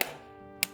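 A DDR5 memory stick is pressed firmly all the way into a motherboard DIMM slot until its plastic retention latches snap closed. Two sharp clicks sound at 0.0 s and 0.6 s. A ringing tone lingers between and after them. The stick is seated.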